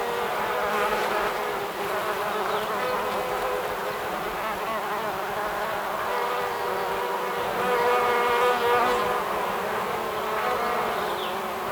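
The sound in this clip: Buzzing bees, a steady swarm-like drone with wavering pitch.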